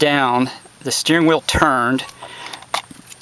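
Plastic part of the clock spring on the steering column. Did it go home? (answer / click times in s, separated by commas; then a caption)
released / 2.7 s. Someone talks while the steering wheel is turned during clock spring replacement on a 2001-2007 Dodge Caravan, Grand Caravan or Town and Country. At 2.7 s, a small plastic part of the clock spring assembly on the steering column pops free with a sharp snap, followed by a few faint ticks. The small pin underneath did not break.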